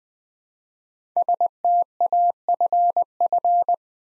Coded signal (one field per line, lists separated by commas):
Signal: Morse code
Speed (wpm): 20 wpm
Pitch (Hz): 700 Hz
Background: none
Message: STAFF